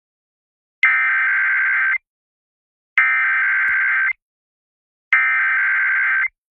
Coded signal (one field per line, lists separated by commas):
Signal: Emergency Alert System (SAME) tones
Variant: header bursts